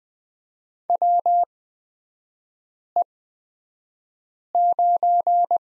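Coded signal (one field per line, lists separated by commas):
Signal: Morse code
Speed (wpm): 20 wpm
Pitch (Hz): 700 Hz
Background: none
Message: WE9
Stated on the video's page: Morse course lesson drilling letter X in three-character groups, Farnsworth spacing at 20/10 wpm.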